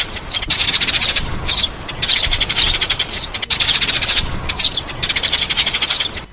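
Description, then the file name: Sparrow with fast, repeated bright chirps in bursts, the notes sometimes spaced more loosely between runs. "Tieng se"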